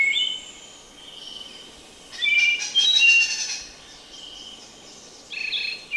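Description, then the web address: Spotted nightingale-thrush song: clear fluty whistled phrases at varying pitch, with a burst of rapid buzzy notes in the middle. Recorded in Ecuador. "Birds of Ecuador. Spotted Nightingale-Thrush"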